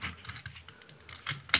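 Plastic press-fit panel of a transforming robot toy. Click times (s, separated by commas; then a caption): 1.5 s. A press-fit plastic panel on a Transformers Combiner Wars Hound transforming robot toy is lifted, with light, scattered plastic ticks and taps throughout. At 1.5 s it gives a sharp, loud pop as the part pops loose, because it fits in under pressure.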